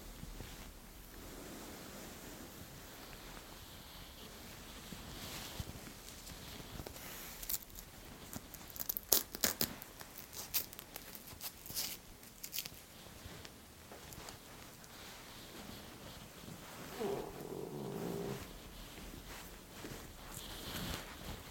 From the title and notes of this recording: Insanely Stimulating Eyebrow & Beard Measuring, Trimming, Massage. Scissors, fabric rustling, head massaging.